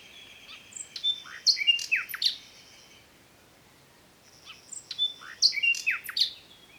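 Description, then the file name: Common nightingale song: two loud phrases of sharp whistles, buzzy notes and rapid clicks, separated by a brief pause. "Luscinia megarhynchos"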